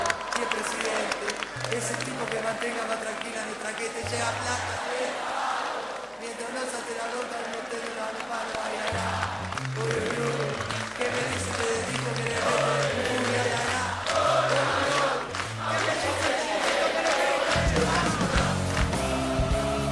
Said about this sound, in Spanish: Quiero agradecer también a este gran equipo del PRO que hoy me acompaña. Un aplauso enorme para todos.